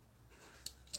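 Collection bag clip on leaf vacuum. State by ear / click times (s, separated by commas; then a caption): released / 0.7 s. A plastic clip on the collection bag of a leaf vacuum is released and the bag comes off. A sharp click sounds at 0.7 s, with a second sharp click near 1.0 s over a low steady background. The clip is released.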